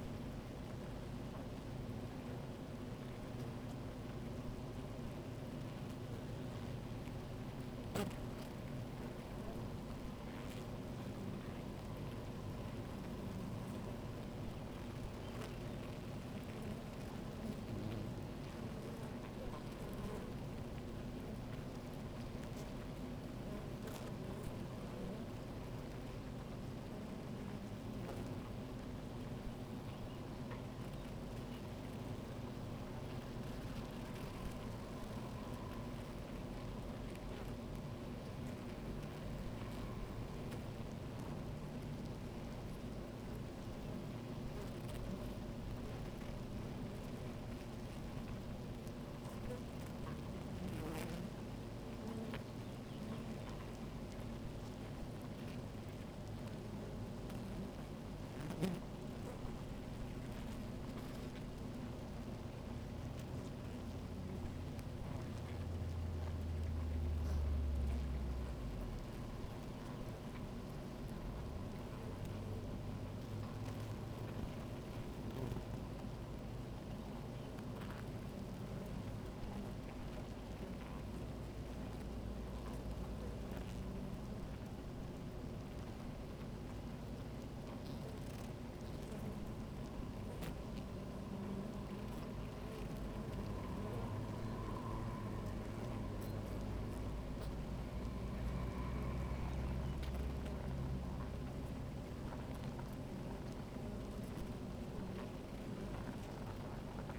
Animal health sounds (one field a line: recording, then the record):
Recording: honeybee colony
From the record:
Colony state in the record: active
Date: 28 July 2017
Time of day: 16:26